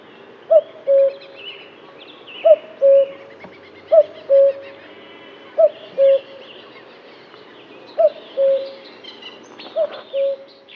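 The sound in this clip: Common cuckoo calling its two-note cuck-oo, a higher note dropping to a lower one, repeated roughly every one and a half to two seconds, with faint other bird chirps behind.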